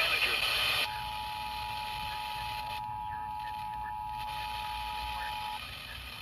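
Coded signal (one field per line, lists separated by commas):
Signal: Emergency Alert System (SAME) tones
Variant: 853 and 960 Hz attention tone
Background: speech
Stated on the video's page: Real EAS tornado drills recorded in Central Virginia.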